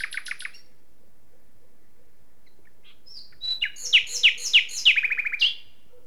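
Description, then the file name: Common nightingale singing: a brief trill, a long pause, then a phrase of loud repeated chirps that speeds into a rapid rattling series. "Luscinia megarhynchos"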